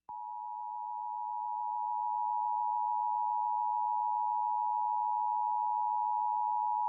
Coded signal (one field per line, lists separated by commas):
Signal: Emergency Alert System (SAME) tones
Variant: 853 and 960 Hz attention tone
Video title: Livestream EAS #36 SVR FM Relay (NWS Norman)